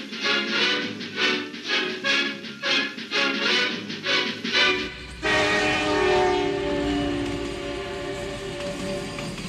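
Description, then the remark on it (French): A train rumbles past with a rapid, rhythmic clatter of wheels, then a loud, sustained horn blares with steady harmonic tones over the low rolling noise. “Scintillement des trains dans la nuit, poésie de lumière et d'ombre dansante, beauté de la technique.”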